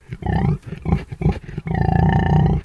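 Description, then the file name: Pig growling in deep, rough grunting bursts, three short rumbles followed by a longer sustained guttural growl. Landrace breed pig; growl. "ANIMAL PIG LANDRACE EDGAR"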